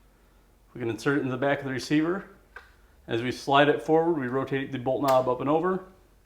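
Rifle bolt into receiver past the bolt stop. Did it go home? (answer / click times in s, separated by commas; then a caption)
no / none. A steel rifle bolt is inserted into the back of the receiver of a Ruger American Rifle Generation II and slid forward while its bolt knob is rotated up and over, as someone talks throughout. The bolt has not yet clicked past the bolt stop or seated before the clip ends.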